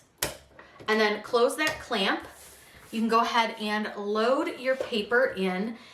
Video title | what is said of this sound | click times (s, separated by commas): FREE writing fonts to use with your Cricut | put your pen in until it clicks, and | 0.2 s